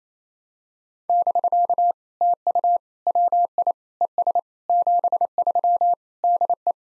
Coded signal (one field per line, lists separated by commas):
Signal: Morse code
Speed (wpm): 28 wpm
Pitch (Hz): 700 Hz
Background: none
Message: <BK> TU WI ES 73 DE